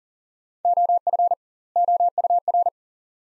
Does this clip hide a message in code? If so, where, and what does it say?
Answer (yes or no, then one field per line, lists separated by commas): yes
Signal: Morse code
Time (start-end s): 0.7-2.7 s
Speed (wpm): 40 wpm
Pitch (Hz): 700 Hz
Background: none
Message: OF OUR